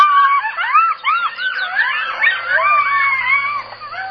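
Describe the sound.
Coyotes in a chorus of yips and howls: many rapid overlapping rising and falling yelps and quavering wails, dense and continuous throughout.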